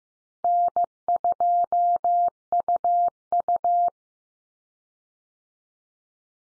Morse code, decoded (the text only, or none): N2UU